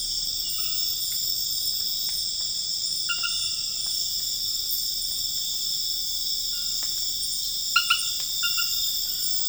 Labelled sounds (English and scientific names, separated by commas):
none